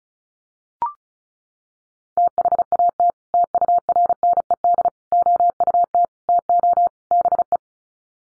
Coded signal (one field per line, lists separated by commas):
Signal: Morse code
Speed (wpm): 34 wpm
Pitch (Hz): 700 Hz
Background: none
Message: THAT TURNED OUT TO BE